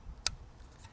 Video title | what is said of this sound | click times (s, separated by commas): Head-To-Head NACS Adapter: Ford Vs A2Z Typhoon! | so you just plug this in until it clicks | 0.3 s